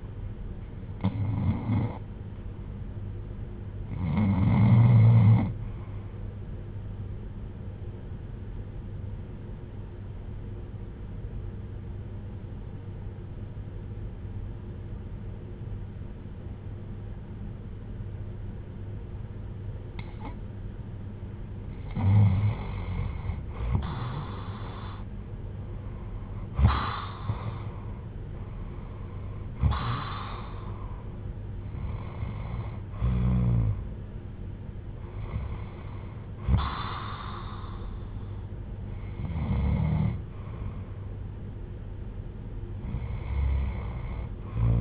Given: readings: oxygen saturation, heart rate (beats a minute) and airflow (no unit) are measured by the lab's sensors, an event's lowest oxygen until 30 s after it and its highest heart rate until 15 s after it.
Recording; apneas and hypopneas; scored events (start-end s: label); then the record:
breathing in sleep by a smartphone at the bedside; 1
3.00-24.10 s: hypopnea (REM, oxygen 96% highest, then 86% lowest, heart rate 66 at the start, 72 highest)
From the record:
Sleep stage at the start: REM sleep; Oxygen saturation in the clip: 86 to 96%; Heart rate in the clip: 55 to 72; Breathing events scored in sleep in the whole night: 310 in 8.1 hours asleep